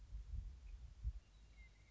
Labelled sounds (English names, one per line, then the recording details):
Western Meadowlark
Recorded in Sonoma County, California